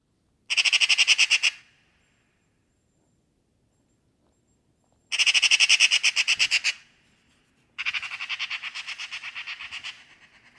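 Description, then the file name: Eurasian magpie, chattering call: three loud machine-gun rattles of harsh notes separated by silent gaps, the last burst trailing off more softly. "Pica pica"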